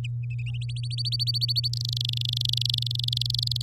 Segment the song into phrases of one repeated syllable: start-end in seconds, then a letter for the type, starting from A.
0.61-1.68 A, 1.73-3.62 B